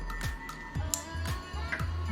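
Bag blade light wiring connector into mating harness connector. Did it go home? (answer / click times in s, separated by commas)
yes / 0.9 s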